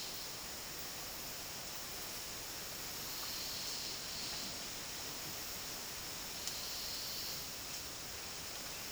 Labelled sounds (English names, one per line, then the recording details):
none
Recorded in dense forest near Puerto Asís, Putumayo, Colombia, on 24 March 2025 at 14:00
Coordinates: 0.503, -76.323
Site GP09